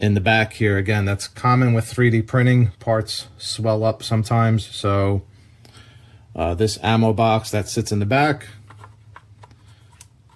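Someone talks while a 3D-printed ammo box is picked up and lined up at the back of a statue base, ready to go into its keyed slot. Several small contact sounds follow in the quieter last two seconds, and nothing has clicked into place yet.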